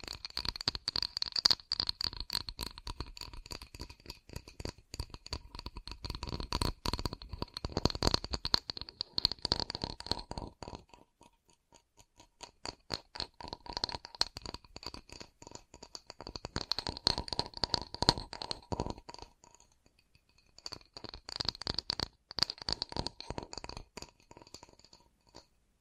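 Rapid fingertip tapping comes in dense bursts with no talking, a bright clicky rattle with a ringing tone high up and a lower hum. Busy stretches run about 0–10, 13–19 and 21–25 seconds, separated by quieter gaps of sparse taps.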